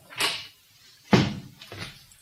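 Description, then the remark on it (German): A gunshot rings out as a loud, sharp bang with a short rumbling tail, set between two softer, duller thumps, with no voices. “Was war das für ein Schuss?”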